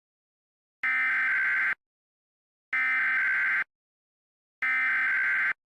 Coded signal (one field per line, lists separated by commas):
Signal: Emergency Alert System (SAME) tones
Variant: header bursts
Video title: Tsunami eas but the tsunami happens during the eas